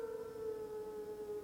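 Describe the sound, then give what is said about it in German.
A dog howls out on a dark moor in one long, unbroken note, holding a steady mid-range pitch with a faint harmonic ring, with no other sounds around it. “Das Heulen von einem Hund?”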